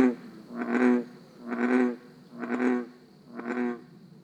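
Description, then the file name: American bullfrog croaking, four low resonant calls about a second apart, each swelling and fading, over a quiet background. "Grenouille taureau"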